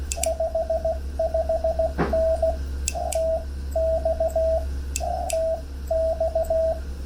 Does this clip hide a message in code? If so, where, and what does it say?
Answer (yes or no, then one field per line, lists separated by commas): yes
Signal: Morse code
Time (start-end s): 0.3-6.7 s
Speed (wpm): 16 wpm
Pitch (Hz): 650 Hz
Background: radio noise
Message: 55N TX TX